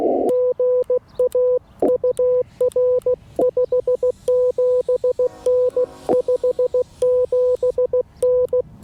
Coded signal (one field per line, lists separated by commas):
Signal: Morse code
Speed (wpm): 16 wpm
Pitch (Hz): 500 Hz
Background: none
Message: GA UR 57N 57N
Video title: I'm no POTA expert, but I did activate a Holiday Inn Express!!!